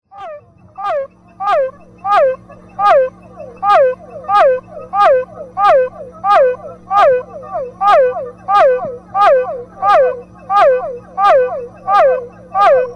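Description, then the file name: Cuvier's foam froglet calling rhythmically: many nasal, looping notes repeated at a steady, even pace, with a low hum underneath. "Physalaemus cuvieri"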